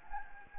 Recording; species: mosquito wingbeat signal from an infrared sensor; Anopheles gambiae